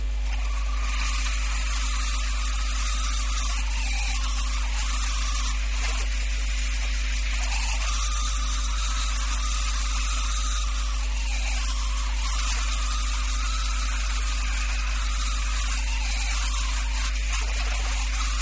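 Purported Bigfoot calls recorded in a forest in Rottingham County by the ambient microphone of a police patrol car: long, wavering, moaning cries that rise and fall repeatedly over a steady hiss and low hum, with no talking.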